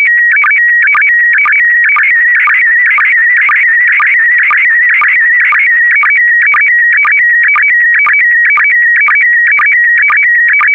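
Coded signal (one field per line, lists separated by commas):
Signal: SSTV (slow-scan television)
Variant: PD120 mode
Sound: continuous warbling tone shifting between pitches, with brief low sync blips about twice a second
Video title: (08 of 12) ISS Expedition 65 - MAI 75 June 2021 - Retransmission SSTV PD120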